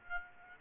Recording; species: mosquito wingbeat signal from an infrared sensor; Aedes aegypti